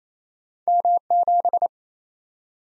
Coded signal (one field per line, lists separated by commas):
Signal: Morse code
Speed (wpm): 28 wpm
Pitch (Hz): 700 Hz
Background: none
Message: M7